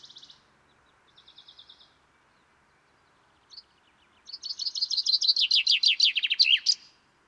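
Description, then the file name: Common chaffinch song: a few soft trilled fragments and a single note, followed by a full loud phrase falling in pitch to a sharp ending. "Fringilla coelebs"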